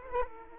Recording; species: mosquito wingbeat signal from an infrared sensor; Aedes aegypti